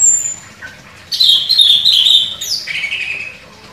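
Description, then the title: Orange-headed thrush song: a short high whistle, then a sustained run of bright, warbled notes that drops to lower trilled phrases before fading. Song described as gacor. "Anis Kembang Gacor"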